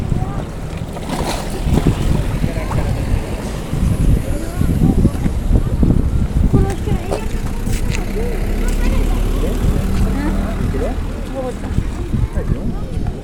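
A sound walk through Cadaquès: a steady murmur of overlapping voices over a low engine rumble, with occasional brief knocks and clatters.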